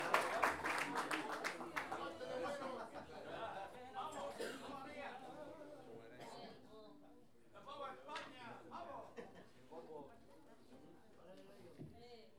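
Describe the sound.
An audience claps in a burst of dense, rapid applause at the start, then it thins out and fades as a man begins talking over the remaining scattered claps.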